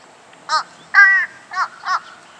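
Fish crow giving four short caws, the second one longer and stronger.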